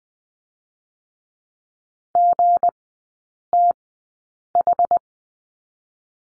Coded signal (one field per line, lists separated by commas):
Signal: Morse code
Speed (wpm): 20 wpm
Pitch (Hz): 700 Hz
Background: none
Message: GTH